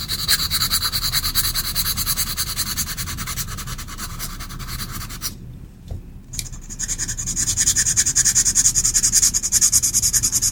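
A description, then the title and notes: Soft pencil tracing scratches steadily across paper in quick, dense strokes with a bright, hissy edge. Around five seconds the scratching stops for about a second with a small tap, then resumes slightly brighter and more rhythmic until the end. Soft tracing with pencils.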